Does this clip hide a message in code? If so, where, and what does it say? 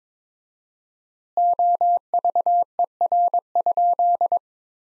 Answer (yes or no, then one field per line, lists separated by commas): yes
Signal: Morse code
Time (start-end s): 1.4-4.4 s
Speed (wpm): 21 wpm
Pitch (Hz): 700 Hz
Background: none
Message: OVER?